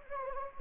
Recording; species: mosquito wingbeat signal from an infrared sensor; Anopheles gambiae